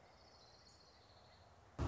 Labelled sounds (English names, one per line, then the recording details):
Orange-crowned Warbler
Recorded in Sonoma County, California